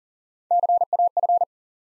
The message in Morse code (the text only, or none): CAF